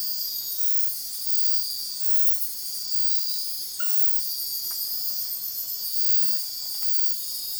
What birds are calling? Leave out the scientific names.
none